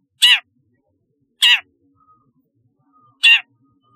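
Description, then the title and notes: Long-tailed shrike giving harsh rasping calls, three short grating bursts with faint thin whistles in between. "Kicau Burung Cendet"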